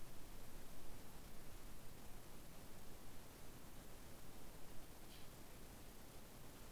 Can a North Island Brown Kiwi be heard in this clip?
no